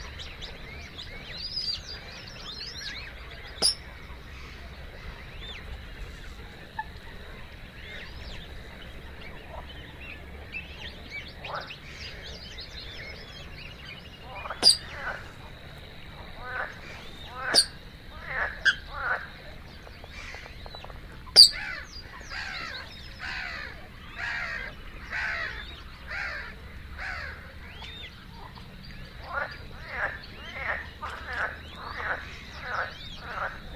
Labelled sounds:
Eurasian Coot (Fulica atra) call

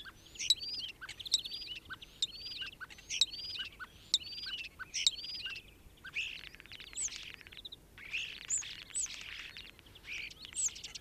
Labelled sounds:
European Starling (Sturnus vulgaris) song

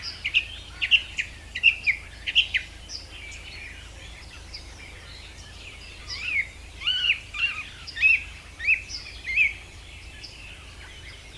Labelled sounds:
Song Thrush (Turdus philomelos) song

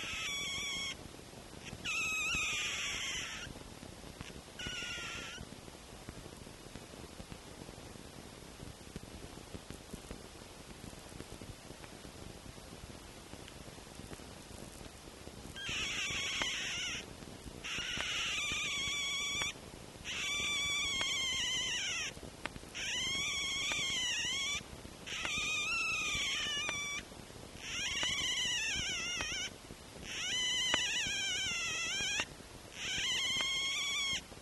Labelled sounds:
Red Fox (Vulpes vulpes)

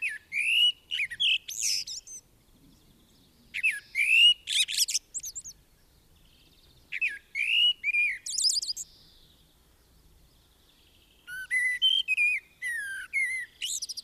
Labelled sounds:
Common Blackbird (Turdus merula) song

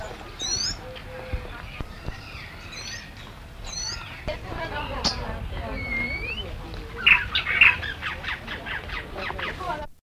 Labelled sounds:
Magpie Tanager (Cissopis leverianus) call

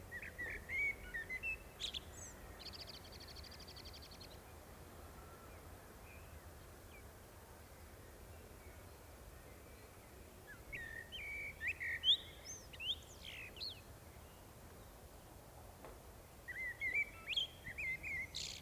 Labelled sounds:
Common Blackbird (Turdus merula) song

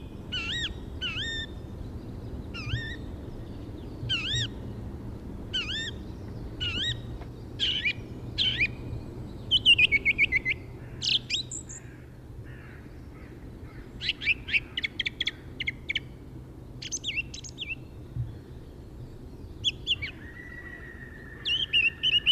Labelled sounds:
Song Thrush (Turdus philomelos) song

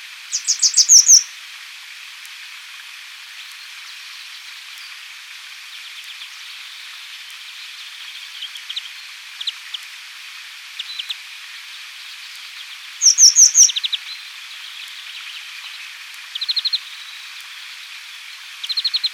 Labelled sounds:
Grey Wagtail (Motacilla cinerea) song

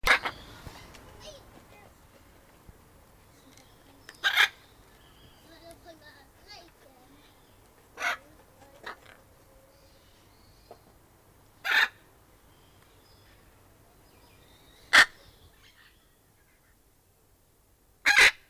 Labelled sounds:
Hyacinth Macaw (Anodorhynchus hyacinthinus) call

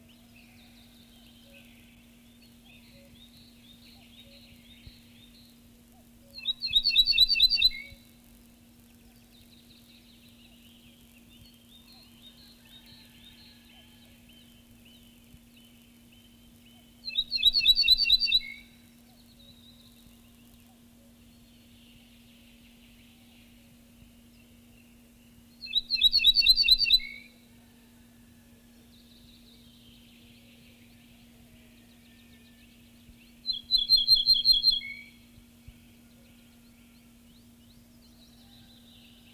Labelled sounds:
Ortolan Bunting (Emberiza hortulana) song

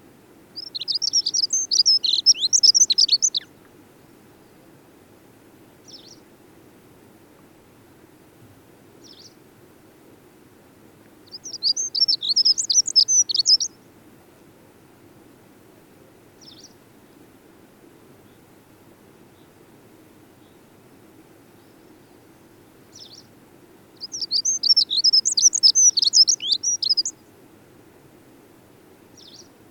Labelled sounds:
Dunnock (Prunella modularis) song

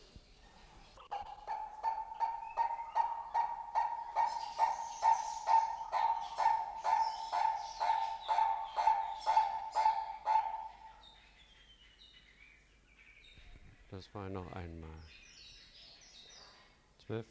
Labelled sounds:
Purple-crested Turaco (Tauraco porphyreolophus) call

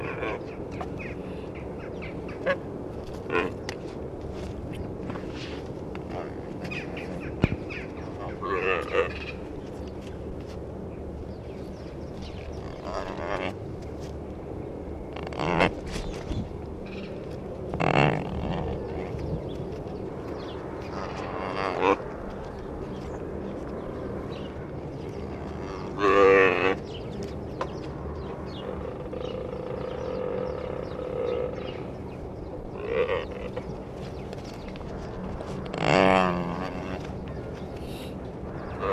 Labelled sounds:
Mule Deer (Odocoileus hemionus) call

